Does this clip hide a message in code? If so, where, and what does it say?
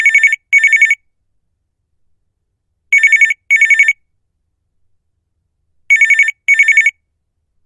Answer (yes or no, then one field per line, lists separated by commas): no